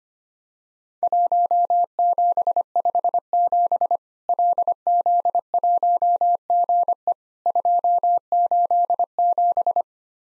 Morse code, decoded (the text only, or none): 1757 LZ1GE 287